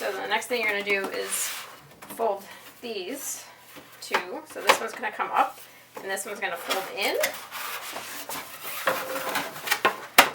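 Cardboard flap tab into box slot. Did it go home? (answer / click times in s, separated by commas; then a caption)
yes / 10.2 s. A corrugated cardboard end flap on an archival triangular roll box is folded in and its tab pushed into the slot while someone talks. Papery folding and rubbing lead to a sharp snap at 10.2 seconds as the tab seats in the slot.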